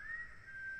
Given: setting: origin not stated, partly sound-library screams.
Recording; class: one-second piece from a danger detection set; normal situation